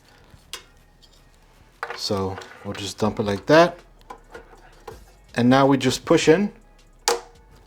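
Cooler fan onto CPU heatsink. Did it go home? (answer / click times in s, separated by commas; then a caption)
yes / 7.1 s. A second push-pull fan is pushed onto the heatsink of an Arctic Freezer 36 ARGB CPU cooler, and its plastic mount is installed on the cooler. Someone talks, with a few soft handling knocks in between. A sharp click at 7.1 s marks the fan seating into place.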